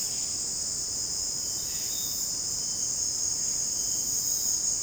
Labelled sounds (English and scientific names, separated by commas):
none